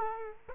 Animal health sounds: mosquito wingbeat signal from an infrared sensor; Culex quinquefasciatus

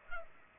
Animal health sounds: mosquito wingbeat signal from an infrared sensor; Culex pipiens

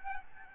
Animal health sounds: mosquito wingbeat signal from an infrared sensor; Aedes albopictus

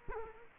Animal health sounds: mosquito wingbeat signal from an infrared sensor; Culex quinquefasciatus

